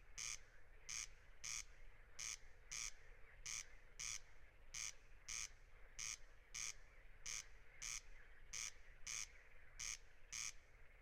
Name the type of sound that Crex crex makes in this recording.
song